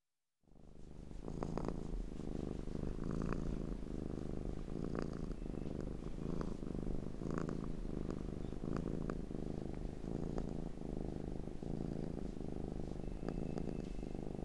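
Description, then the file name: Domestic cat purring steadily, a low continuous rumble with rhythmic swells roughly every second or two. Cat purring while being petted. "Digiffects Sound Effects Library - Cat Purring and Being Petted"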